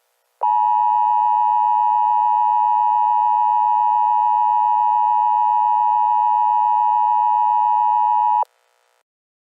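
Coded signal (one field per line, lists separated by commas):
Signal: Emergency Alert System (SAME) tones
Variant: 853 and 960 Hz attention tone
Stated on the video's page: Fictional EAS scenario made with PowerPoint.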